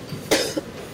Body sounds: coughing mixed with background sound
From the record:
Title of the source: 55 gaggy wet cough

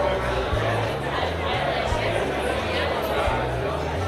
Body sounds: background sound without coughing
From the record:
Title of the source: CITY SOUNDS Busy Bar in the Evening Night - 2 HOURS of Ambiance for Relaxation

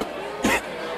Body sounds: coughing mixed with background sound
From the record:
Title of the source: 61 morning phlegmy cough...again

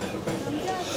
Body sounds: coughing mixed with background sound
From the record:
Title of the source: Cough Around the Clock!

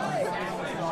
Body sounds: coughing mixed with background sound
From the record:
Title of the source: 1125 Coughing SOUND Effect

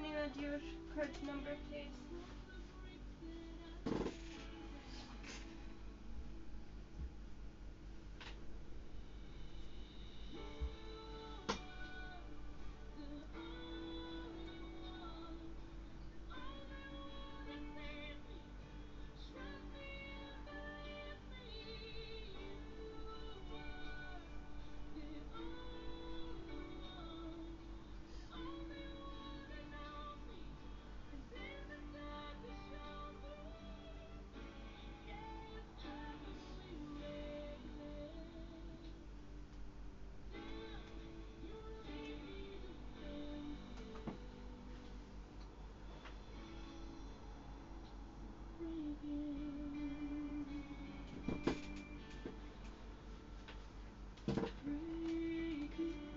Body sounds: background sound without coughing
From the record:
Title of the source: BackgroundMusic3

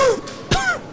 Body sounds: coughing mixed with background sound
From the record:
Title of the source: Coughing 51

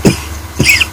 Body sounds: coughing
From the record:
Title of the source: Dry Coughing Fit in the Afternoon.

